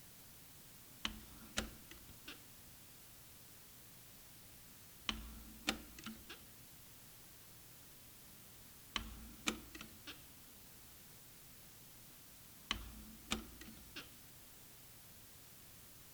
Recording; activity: daily activity, guitar pickup as the sensor; manipulate door